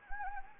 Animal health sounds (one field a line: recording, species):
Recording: mosquito wingbeat signal from an infrared sensor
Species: Anopheles gambiae